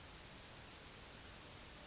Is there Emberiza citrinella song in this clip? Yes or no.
no